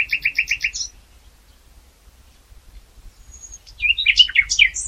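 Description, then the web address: Common nightingale song: a rapid series of repeated harsh notes, a brief pause with a faint thin whistle, then a burst of jumbled rich slurred notes. "SETE Luscinia megarhynchos"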